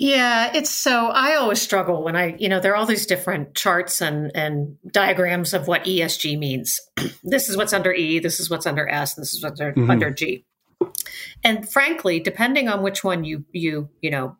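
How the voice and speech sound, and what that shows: One adult woman speaks in a quiet small room at a natural, conversational pace, with mid-range pitch and lively intonation. Her speech is fluent and clearly articulated, with only brief pauses and casual filler repetitions. Ordinary voice and speech, no disorder heard.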